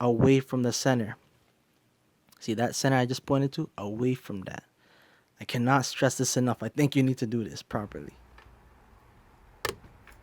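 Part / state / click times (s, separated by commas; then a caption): carbon fiber mirror cap clips into side mirror housing / seated / 9.6 s. A right-side carbon fiber mirror cap for a 10th Gen Civic is pressed onto the side mirror housing while someone talks. A sharp click at 9.6 s marks the cap clipping in and seating.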